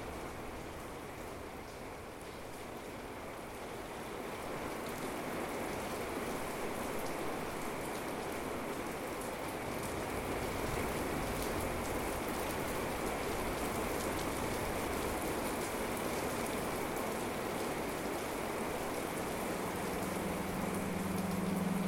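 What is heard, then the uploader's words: Rain falls in a dense, steady hiss, with a soft rushing like wind running underneath. A faint tone holds in the upper middle throughout, and near the end a low hum swells in beneath the downpour. The sound grows slightly louder after about ten seconds. The added drones explore a range of frequencies. Slowly shifting drones coalescing over rain, wind, and thunder sounds.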